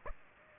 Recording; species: mosquito wingbeat signal from an infrared sensor; Aedes aegypti